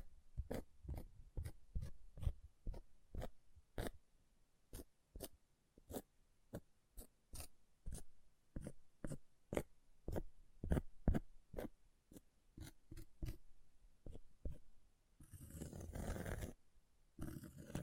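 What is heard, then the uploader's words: Short, sharp scratching strokes repeat at a fairly regular pace, about two per second, each a crisp rasp with some low thump beneath. Near the end the strokes give way to a longer, rougher continuous scraping around sixteen seconds. ASMR Brain Melting Object Scratching (No Talking).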